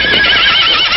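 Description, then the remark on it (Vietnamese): A horse whinnies loudly for about a second, a shrill, quavering neigh that holds steady without breaking off. No voices accompany it. “Lên ngựa.”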